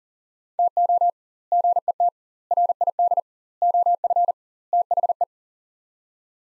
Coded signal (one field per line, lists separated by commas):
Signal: Morse code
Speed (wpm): 40 wpm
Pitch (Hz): 700 Hz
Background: none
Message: TO GET RID OF THE